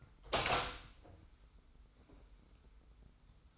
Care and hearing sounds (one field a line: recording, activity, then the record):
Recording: daily activity, microphone in the room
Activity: open door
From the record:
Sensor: 3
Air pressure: 990.4 hPa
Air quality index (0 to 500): 169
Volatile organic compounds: 1000 ppm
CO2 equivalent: 5474 ppm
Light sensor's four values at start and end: 47/111/45/43 and 47/111/45/43